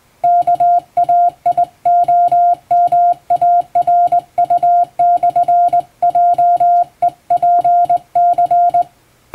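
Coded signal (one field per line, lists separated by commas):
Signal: Morse code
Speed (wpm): 20 wpm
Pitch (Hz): 700 Hz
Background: music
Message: KAIOMARU/JEPC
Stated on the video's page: Morse code practice for Japanese radio operator exam.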